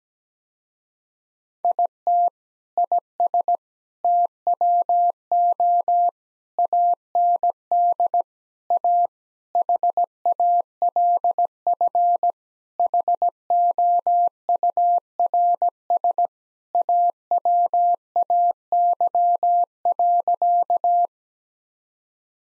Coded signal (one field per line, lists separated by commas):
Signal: Morse code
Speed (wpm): 17 wpm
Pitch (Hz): 700 Hz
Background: none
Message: IT IS TWO AND A HALF HOURS AWAY.